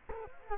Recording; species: mosquito wingbeat signal from an infrared sensor; Culex quinquefasciatus